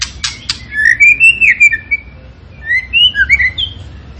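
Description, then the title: Tembakan bird gives a few harsh rasps, then a sweet warbling run of whistled, rising and falling notes. Energetic, full-voiced (gacor) singing used as a master training recording for cage birds. "Masteran Burung Tembakan Gacor"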